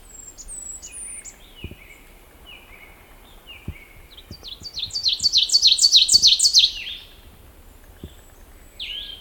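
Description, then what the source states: Ovenbird song: a loudening run of quick, sharp two-note phrases in the middle. Thin descending whistles and a softer twittering bird come before it, with a brief note at the end. Bear Head Lake, Minnesota, USA, on 16 May 2011.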